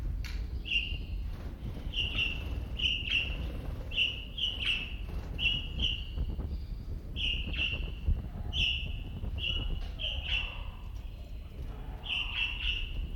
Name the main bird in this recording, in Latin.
Lamprotornis regius